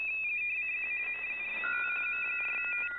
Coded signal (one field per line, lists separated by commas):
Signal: RTTY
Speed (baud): 45.45 baud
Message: CQ M4T M4T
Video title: RSGB AFS Datamode Contest 2023